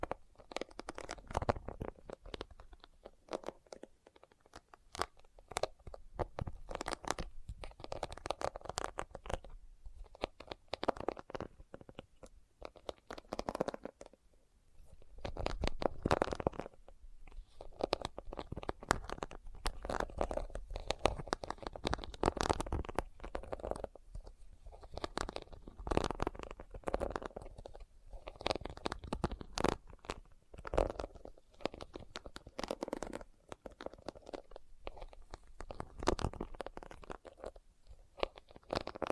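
Tapping and scratching on leather, a dense run of short dry knocks and rough rubbing strokes that keeps going for the whole stretch. Sharp taps stand out every second or two, with quieter scraping textures filling the gaps between them.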